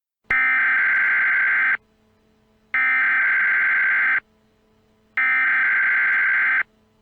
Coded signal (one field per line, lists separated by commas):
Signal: Emergency Alert System (SAME) tones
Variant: header bursts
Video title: NADO Nuclear Warhead EAS